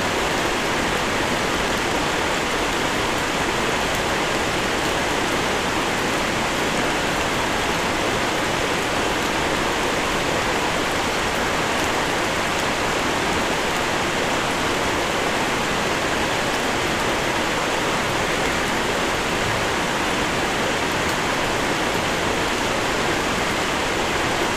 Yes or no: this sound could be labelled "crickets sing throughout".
no